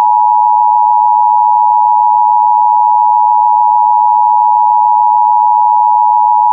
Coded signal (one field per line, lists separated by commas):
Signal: Emergency Alert System (SAME) tones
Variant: 853 and 960 Hz attention tone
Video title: Tornado Warning (EAS #340)